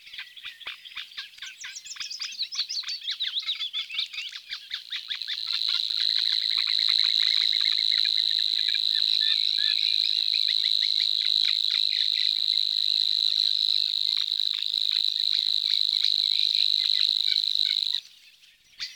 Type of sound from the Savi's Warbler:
song